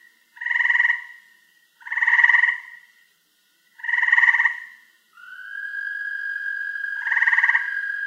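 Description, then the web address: Frog giving three loud buzzy croaks, then a sustained even tone begins with another croak over it. "log frogs"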